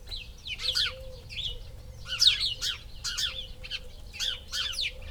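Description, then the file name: House sparrow calls, short harsh chirps in quick groups, over a low steady hum. "Passer domesticus"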